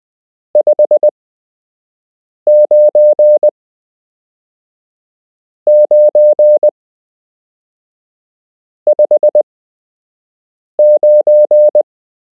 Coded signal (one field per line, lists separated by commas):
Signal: Morse code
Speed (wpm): 20 wpm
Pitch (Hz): 600 Hz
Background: none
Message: 59959